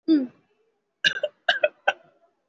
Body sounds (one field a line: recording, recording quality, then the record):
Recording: heavy voluntary cough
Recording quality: excellent, no background noise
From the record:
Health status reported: COVID-19 positive, mild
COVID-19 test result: positive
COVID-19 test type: RT-PCR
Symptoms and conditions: fever, fatigue, muscle pain, pneumonia, diabetes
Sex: male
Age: 75 years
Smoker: no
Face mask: not worn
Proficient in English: yes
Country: India